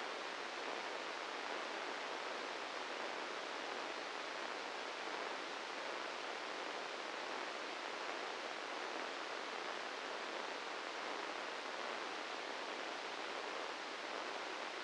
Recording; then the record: brain microelectrode recording played as sound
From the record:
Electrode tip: inside the subthalamic nucleus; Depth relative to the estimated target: -1 mm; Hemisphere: right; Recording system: NeuroSet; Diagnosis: Parkinson's disease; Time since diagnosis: 13 years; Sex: male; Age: 66 years